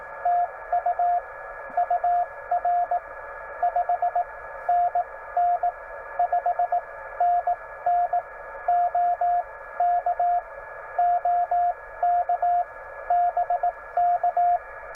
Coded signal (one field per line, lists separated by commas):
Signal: Morse code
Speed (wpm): 17 wpm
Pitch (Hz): 700 Hz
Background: radio noise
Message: TU UR 5NN 5NN OK OK BK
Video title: POTA at Haynes Bottom, TN 12 Feb